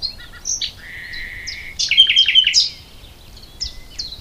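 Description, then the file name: Common nightingale song with a few soft notes, a long drawn-out tone, then a quick run of loud repeated notes and some high whistled chirps. "Luscinia megarhynchos"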